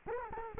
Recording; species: mosquito wingbeat signal from an infrared sensor; Culex quinquefasciatus